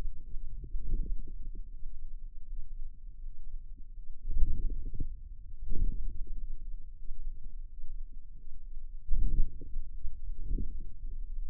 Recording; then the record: forearm muscle sounds (acoustic myography)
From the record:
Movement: hand closing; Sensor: system 2, bracelet of six BSWA MPA416 microphones around the upper forearm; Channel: 4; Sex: female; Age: 23 years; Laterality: right